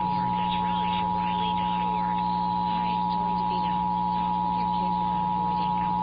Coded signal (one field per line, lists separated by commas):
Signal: Emergency Alert System (SAME) tones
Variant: 853 and 960 Hz attention tone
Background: speech